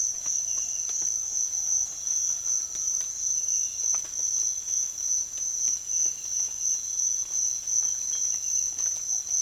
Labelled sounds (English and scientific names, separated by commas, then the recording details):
none
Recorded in secondary vegetation near Puerto Asís, Putumayo, Colombia, on 25 June 2025 at 05:30
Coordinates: 0.500, -76.326
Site GP08